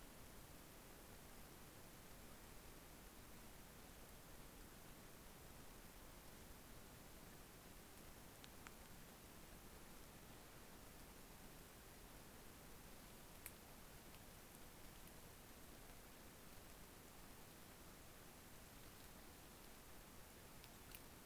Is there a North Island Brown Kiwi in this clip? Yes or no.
no